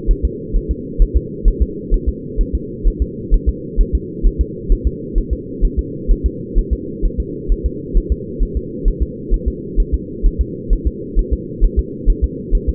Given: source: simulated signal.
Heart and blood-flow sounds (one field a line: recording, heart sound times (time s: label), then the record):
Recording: fetal heart sounds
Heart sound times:
0.11 s: S1
0.25 s: S2
0.56 s: S1
0.71 s: S2
1.02 s: S1
1.16 s: S2
1.48 s: S1
1.62 s: S2
1.94 s: S1
2.09 s: S2
2.41 s: S1
2.55 s: S2
2.88 s: S1
3.02 s: S2
3.34 s: S1
3.49 s: S2
3.81 s: S1
3.95 s: S2
4.27 s: S1
4.41 s: S2
4.72 s: S1
4.87 s: S2
5.18 s: S1
5.33 s: S2
5.65 s: S1
5.79 s: S2
6.12 s: S1
6.26 s: S2
6.59 s: S1
6.73 s: S2
7.05 s: S1
7.20 s: S2
7.52 s: S1
7.66 s: S2
7.97 s: S1
8.12 s: S2
8.43 s: S1
8.57 s: S2
8.88 s: S1
9.02 s: S2
9.34 s: S1
9.48 s: S2
9.80 s: S1
9.94 s: S2
10.26 s: S1
10.41 s: S2
10.73 s: S1
10.87 s: S2
11.19 s: S1
11.33 s: S2
11.65 s: S1
11.79 s: S2
12.10 s: S1
12.24 s: S2
12.55 s: S1
12.69 s: S2
From the record:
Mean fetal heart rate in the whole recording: 130 bpm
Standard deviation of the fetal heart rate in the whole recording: 2 bpm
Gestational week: 38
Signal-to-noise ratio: -4.1 dB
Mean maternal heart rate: no maternal heart sound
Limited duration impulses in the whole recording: absent